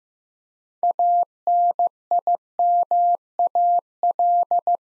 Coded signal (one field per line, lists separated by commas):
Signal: Morse code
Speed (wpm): 15 wpm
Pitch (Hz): 700 Hz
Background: none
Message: ANIMAL